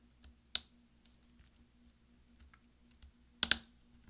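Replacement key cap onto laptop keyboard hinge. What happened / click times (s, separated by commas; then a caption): The key cap snapped onto its hinge / 0.5 s, 3.4 s, 3.5 s. A new plastic F key cap is pressed down with a finger and wiggled onto the hinge brackets of a 13-inch mid-2010 MacBook Pro keyboard (2.4 GHz, 1278, MC374, AC07). Sharp snaps ring out at 0.6 s, 3.4 s and 3.5 s among faint clicks, and the key cap seats onto its hinge.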